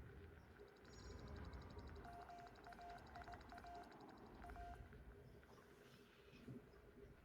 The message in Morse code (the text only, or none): MAIA A